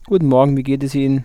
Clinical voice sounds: spoken sentence; German; male; 30 to 39 years; 0; 0; 0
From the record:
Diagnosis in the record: healthy voice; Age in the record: 32 years

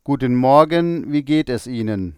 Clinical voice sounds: spoken sentence; German; male; 40 to 49 years; 0; 0; 0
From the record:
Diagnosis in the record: healthy voice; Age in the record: 49 years

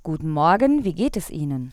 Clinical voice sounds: spoken sentence; German; female; 20 to 29 years; 0; 0; 0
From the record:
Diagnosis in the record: hyperfunctional dysphonia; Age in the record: 29 years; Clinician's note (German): Leichte Form bei beginnender Phonationsverdickung, ponogene Komponente

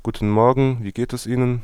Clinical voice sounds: spoken sentence; German; male; 20 to 29 years; 0; 0; 0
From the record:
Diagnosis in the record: healthy voice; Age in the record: 21 years

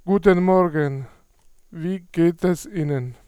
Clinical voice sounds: spoken sentence; German; male; 30 to 39 years; 1; 0; 0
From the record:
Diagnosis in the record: hyperfunctional dysphonia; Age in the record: 38 years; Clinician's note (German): Multifaktoriell, ponogen

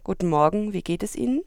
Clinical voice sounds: spoken sentence; German; female; 20 to 29 years; 1; 1; 0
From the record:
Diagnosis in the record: healthy voice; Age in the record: 22 years

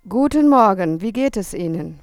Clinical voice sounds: spoken sentence; German; female; 50 to 59 years; 0; 0; 0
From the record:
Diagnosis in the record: functional dysphonia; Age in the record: 53 years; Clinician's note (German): Ponogen

